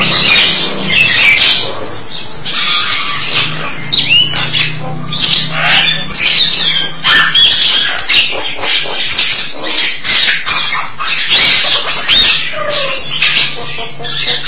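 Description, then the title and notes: Starling giving a long, busy medley of scratchy buzzes, clicks and brief whistles, with a faint low hum in the background. "suara burung jalak"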